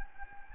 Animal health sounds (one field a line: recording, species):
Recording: mosquito wingbeat signal from an infrared sensor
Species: Anopheles gambiae